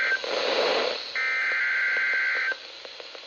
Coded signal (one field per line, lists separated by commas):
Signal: Emergency Alert System (SAME) tones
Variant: header bursts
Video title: EAS Alerts From 7/30/24: A Compilation (EAS 225-237)